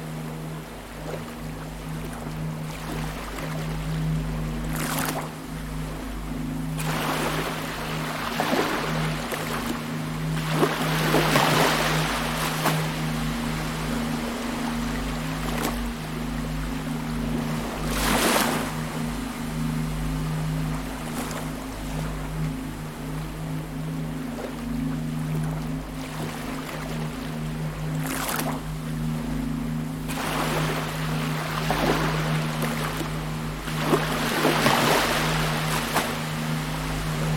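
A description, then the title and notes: Waves wash in and break every few seconds at a beach, over a steady low engine-like hum, as from a boat. The Mysterious Sounds of the Beach.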